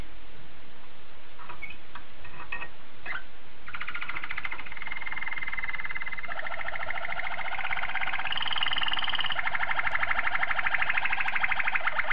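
Domestic canary song: a few scattered notes give way to a long, dense buzzy roll.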